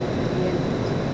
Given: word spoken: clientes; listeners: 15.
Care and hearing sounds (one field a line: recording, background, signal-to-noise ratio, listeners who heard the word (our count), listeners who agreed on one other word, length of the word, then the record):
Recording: one Spanish word in noise, from a listening test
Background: speech-shaped noise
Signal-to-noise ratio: -6.4 dB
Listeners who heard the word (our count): 3 of 15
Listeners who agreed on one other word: 9 of 15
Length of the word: 0.74 s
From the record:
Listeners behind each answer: 9, 3, 1, 1, 1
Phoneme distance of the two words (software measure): 17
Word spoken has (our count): 2 syllables, 8 phonemes, stress on syllable 1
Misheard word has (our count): 2 syllables, 7 phonemes, stress on syllable 1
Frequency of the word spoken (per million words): 42.82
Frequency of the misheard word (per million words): 42.73